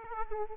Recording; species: mosquito wingbeat signal from an infrared sensor; Aedes aegypti